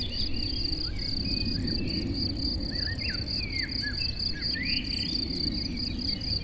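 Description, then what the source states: Crickets trilling steadily high up, with clear sweeping bird whistles and chirps and a strong low traffic rumble beneath. Chorus of crickets in a sunny west-facing sloping meadow at Chindrieux, France, with birdsong from surrounding trees and traffic noise from a nearby road.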